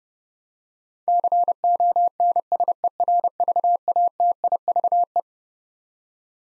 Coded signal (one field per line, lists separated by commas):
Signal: Morse code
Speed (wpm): 30 wpm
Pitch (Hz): 700 Hz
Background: none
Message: CONSERVATIVE